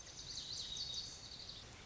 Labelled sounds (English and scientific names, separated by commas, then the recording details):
Lazuli Bunting (Passerina amoena)
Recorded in Sonoma County, California